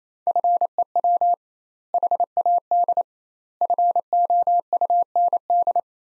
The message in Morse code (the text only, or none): FEW HAD FOUND